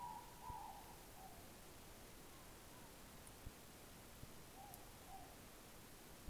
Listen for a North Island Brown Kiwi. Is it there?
no